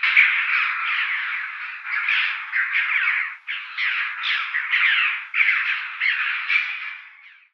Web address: Schulze Peter Chough calls